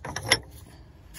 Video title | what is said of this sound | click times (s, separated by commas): How To Replace Inner & Outer Tie Rods (Acura MDX) | I heard it click. So we're good right there. | 0.3 s